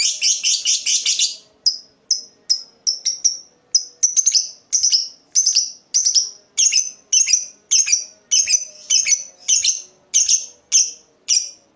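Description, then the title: Lovebird opening with a burst of rapid buzzy chatter, then a steady run of shrill, squeaky chirps. Lovebird whose style is said to make it look very clever at memancing, baiting other birds into singing. "Dari Gayanya Lovebird Ini Terlihat Pintar Sekali Memancing"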